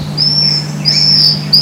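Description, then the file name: Scaled antbird giving long, thin, high whistled notes, each held steady about half a second, with a short third note at the end; a steady low electrical hum runs underneath. Recorded at Juquiazinho, Juréia Ecological Station, Brazil, on 7 November 2008. "Drymophila-squamata-Juquiazinho-EEJureia-7-11-08-ASilveira"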